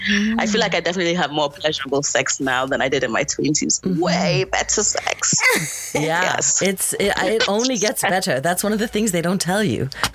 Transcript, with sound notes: I feel like I definitely have more pleasurable sex now than I did in my twenties. Waaay better sex!
(Laughter) Yeah, it only gets better. That’s one of the things they don’t tell you.